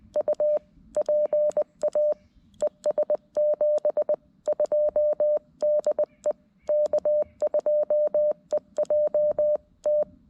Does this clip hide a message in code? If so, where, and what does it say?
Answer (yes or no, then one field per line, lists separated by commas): yes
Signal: Morse code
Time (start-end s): 0.2-10.0 s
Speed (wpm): 20 wpm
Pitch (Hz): 600 Hz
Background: none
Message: U PA ES 72 DE K2EJT